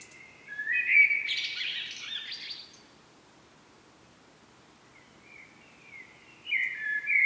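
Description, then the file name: Common blackbird song: a rich, mellow phrase with a squeaky high flourish, then a pause with soft notes before a new fluted phrase begins. "Turdus merula"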